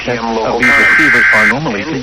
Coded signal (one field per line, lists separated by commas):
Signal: Emergency Alert System (SAME) tones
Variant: header bursts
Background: speech